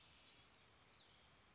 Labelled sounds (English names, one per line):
Cassin's Vireo